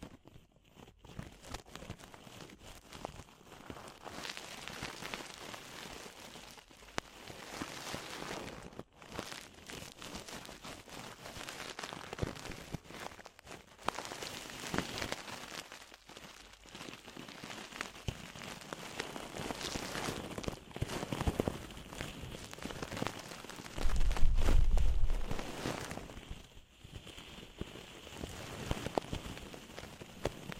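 Ear cleaning sounds: dense, crackling scratches and rustles that come in uneven bursts, like rain on a surface. The scraping swells and eases throughout, with brief quiet gaps near 9 and 14 seconds and a deep, loud thump around 24 seconds.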